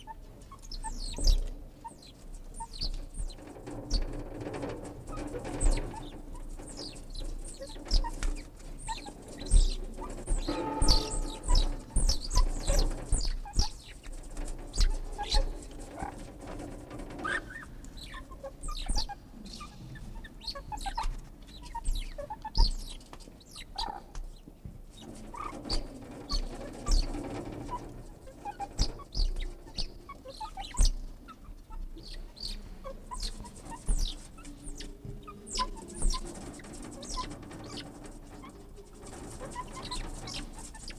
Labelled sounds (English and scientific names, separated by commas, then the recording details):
Banded Mongoose (Mungos mungo) call
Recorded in captivity
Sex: group
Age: diverse
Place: Zoo Berlin, Berlin, DE
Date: 1959-11-01 12:00
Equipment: Reporter (Vollspur)
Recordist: Tembrock, Günter